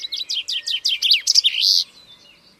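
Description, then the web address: Common chaffinch singing loudly: a string of descending chirpy notes, then a brief jumble ending in a longer note, with little other sound. "Deverinetal 2025 File origin Bird Only Fr Co"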